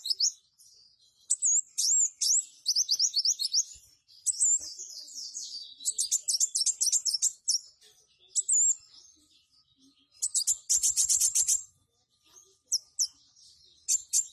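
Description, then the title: Purple-throated sunbird song: high, hurried twittering phrases and quick chirps broken by short silences, with a dense buzzy trill partway through. "Kolibri Wulung"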